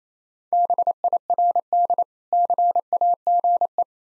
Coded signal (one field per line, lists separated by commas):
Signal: Morse code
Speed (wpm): 28 wpm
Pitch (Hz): 700 Hz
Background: none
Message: BIRD CAGE